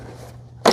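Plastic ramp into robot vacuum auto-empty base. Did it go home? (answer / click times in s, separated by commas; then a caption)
no / none. A plastic extension ramp is being pushed onto the bottom of an ECOVACS DEEBOT N10 PLUS robot vacuum auto-empty station. A low, steady hum runs under quiet handling, and a louder burst of broadband handling noise starts around 0.6 s and lasts to the end. Nothing has seated or clicked yet; the ramp's detents have not snapped in.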